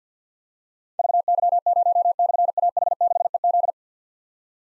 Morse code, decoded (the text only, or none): VY0/AH6EZ